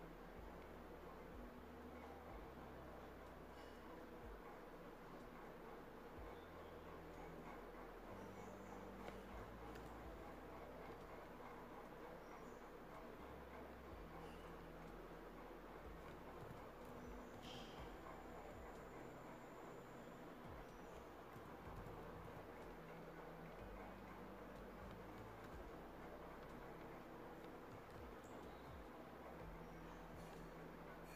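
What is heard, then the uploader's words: Home ambience of a steady, dense rumble with shifting low droning tones, like a train rolling on, and a few faint clicks throughout. Cozy home ambience.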